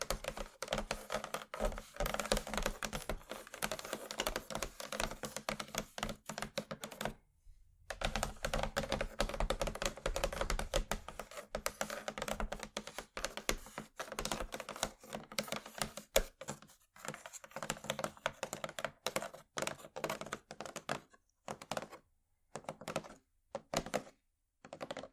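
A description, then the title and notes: Wooden ASMR triggers: rapid, dense clicking and tapping like typing, with a brief silence near 7 seconds and sparser taps after 20 seconds. ASMR Wooden Triggers 1hour（No Talking）.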